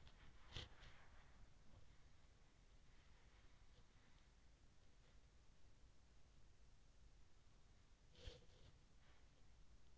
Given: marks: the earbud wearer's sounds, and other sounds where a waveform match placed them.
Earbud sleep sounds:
sounds in sleep by an in-ear microphone; body movement
0.00-1.82 s: body movement
8.06-9.49 s: body movement

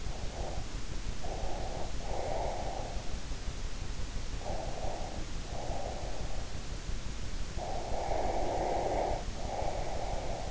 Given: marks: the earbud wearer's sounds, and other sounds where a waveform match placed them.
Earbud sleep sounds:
sounds in sleep by an in-ear microphone; breath
0.00-2.97 s: breath
3.96-6.49 s: breath
7.60-10.51 s: breath

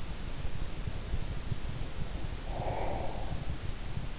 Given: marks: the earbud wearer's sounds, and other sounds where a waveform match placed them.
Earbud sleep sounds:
sounds in sleep by an in-ear microphone; breath
0.78-3.40 s: breath

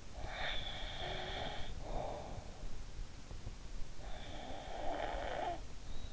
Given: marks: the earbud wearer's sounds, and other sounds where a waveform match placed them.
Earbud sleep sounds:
sounds in sleep by an in-ear microphone; snoring breath
0.25-2.79 s: snoring breath
3.93-6.13 s: snoring breath

